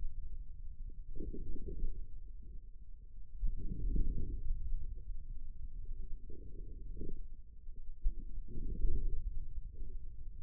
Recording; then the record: forearm muscle sounds (acoustic myography)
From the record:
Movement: inward rotation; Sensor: system 2, bracelet of six BSWA MPA416 microphones around the upper forearm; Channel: 3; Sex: male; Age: 22 years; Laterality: right